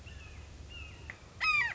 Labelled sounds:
Red-shouldered Hawk
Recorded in Sonoma County, California

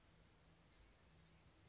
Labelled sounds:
Blue-gray Gnatcatcher
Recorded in Sonoma County, California

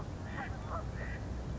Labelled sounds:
California Quail
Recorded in Sonoma County, California

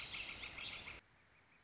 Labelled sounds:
Northern Flicker
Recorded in Sonoma County, California

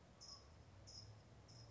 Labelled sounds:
California Towhee
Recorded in Sonoma County, California

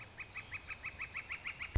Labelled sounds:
Northern Flicker
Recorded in Sonoma County, California

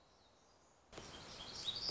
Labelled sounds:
Black-throated Gray Warbler
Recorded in Sonoma County, California

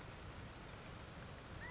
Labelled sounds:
California Quail
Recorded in Sonoma County, California

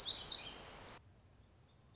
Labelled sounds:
Black-throated Gray Warbler
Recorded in Sonoma County, California

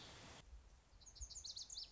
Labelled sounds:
Lazuli Bunting
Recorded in Sonoma County, California

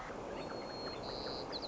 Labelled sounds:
White-crowned Sparrow
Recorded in Sonoma County, California

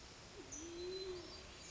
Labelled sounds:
Band-tailed Pigeon
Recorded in Sonoma County, California

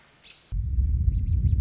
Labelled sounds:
American Robin
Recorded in Sonoma County, California

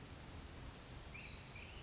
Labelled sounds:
Brown Creeper
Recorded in Sonoma County, California

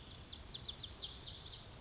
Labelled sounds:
Lazuli Bunting
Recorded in Sonoma County, California

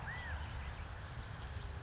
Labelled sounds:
California Quail
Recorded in Sonoma County, California

